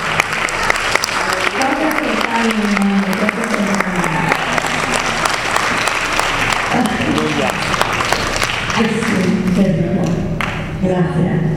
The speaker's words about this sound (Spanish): Denle un aplauso al Señor porque no se contagia.